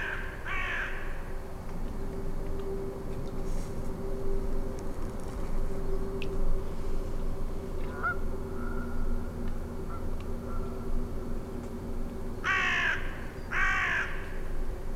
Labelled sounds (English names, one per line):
Canada Goose call